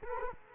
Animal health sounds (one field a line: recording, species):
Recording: mosquito wingbeat signal from an infrared sensor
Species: Culex quinquefasciatus